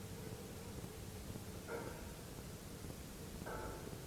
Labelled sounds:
none
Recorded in France

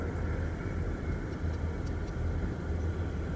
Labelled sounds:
none
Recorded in France

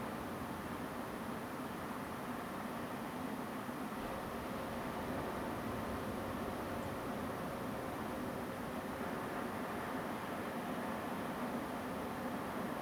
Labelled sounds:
Song Thrush
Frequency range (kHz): Song Thrush 6.5-8.4 kHz
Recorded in France

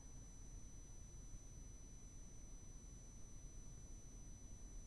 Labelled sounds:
none
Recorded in France

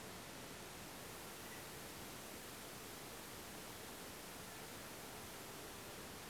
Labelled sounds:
none
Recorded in France

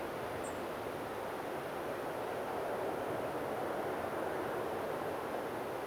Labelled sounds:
European Robin
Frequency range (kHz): European Robin 7.1-9.0 kHz
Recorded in France

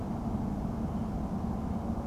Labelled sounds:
none
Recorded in France

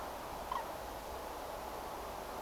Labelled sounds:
Common Crane
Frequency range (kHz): Common Crane 0.8-5.7 kHz
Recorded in France

